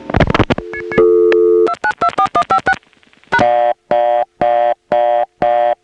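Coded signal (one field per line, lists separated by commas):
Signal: DTMF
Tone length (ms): 80 ms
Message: 2924156 #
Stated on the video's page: Step-by-step and ESS telephone switching recording from Smyrna GA, 1977.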